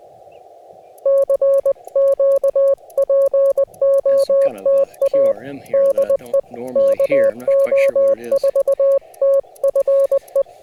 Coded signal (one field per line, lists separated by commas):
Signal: Morse code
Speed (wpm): 21 wpm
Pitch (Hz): 550 Hz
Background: speech, music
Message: CQ POTA DE KO4TFE